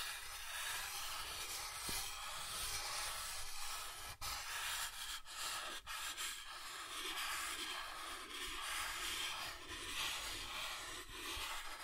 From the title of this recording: Soft Tracing on Smooth and Rough Surfaces